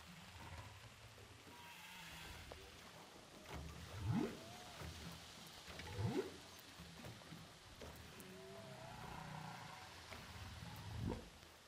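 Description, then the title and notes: Humpback whale underwater calls: low moans and rising whoops sweeping upward, three in all at irregular intervals, with softer tonal wails and a constant hiss of sea noise. Humpback whales recorded underwater with a DPA hydrophone off Saint-Paul, Réunion. "Baleines à bosse enregistrées à l'hydrophone DPA au large de saint Paul de la réunion"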